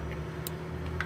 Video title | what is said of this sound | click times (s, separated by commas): How to Replace Air Strut Shock 07-14 Cadillac Escalade ESV | until it clicks. Mine clicked in. | 0.5 s, 1.0 s